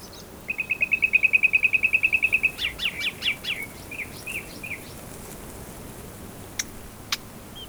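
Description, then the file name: Common nightingale song: a long rapid trill, then sharp downslurred notes and soft chuckles, with two clicks near the end. "Luscinia megarhynchos"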